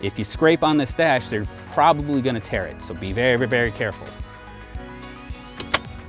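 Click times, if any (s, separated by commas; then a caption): 5.7 s. A plastic phone mount for a Chevy Suburban is pushed down into the seam of the center dashboard while someone talks over background music, taking care that the bottom lip does not scrape the soft dash. A sharp snap at 5.7 s marks the mount seating at the bottom, giving a solid mounting platform for a device holder.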